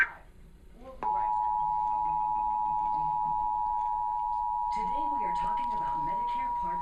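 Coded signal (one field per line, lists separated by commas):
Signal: Emergency Alert System (SAME) tones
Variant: 853 and 960 Hz attention tone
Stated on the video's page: Required weekly test received on TV, over a blank screen.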